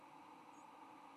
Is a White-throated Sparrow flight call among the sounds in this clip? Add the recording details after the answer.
no. Another species' flight call is heard. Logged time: 02:33 on 22 November 2014